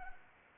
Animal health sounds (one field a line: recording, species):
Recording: mosquito wingbeat signal from an infrared sensor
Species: Anopheles arabiensis